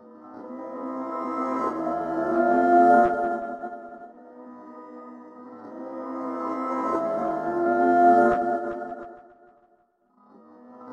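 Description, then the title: Crickets slowed way down into two long swells of layered humming tones that build and fade, a third beginning at the end. Crickets in Altadena, slowed way down, with a little delay added. "Altadena Crickets Trippin"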